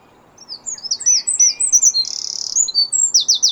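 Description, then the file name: Eurasian wren singing a fast, high-pitched jumble of twittering notes that runs into a buzzing rattle, then more quick piercing notes. "Troglodytes troglodytes"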